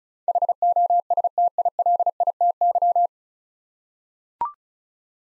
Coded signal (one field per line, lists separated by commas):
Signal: Morse code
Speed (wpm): 36 wpm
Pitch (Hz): 700 Hz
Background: none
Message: HOSTILITY